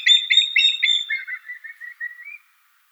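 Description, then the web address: Common black hawk calling, a few loud harsh piping notes followed by a string of thinner, lower whistles that fade out after about two and a half seconds. Call, southeastern Arizona. "COBH-call common-black-hawk-in-se-az"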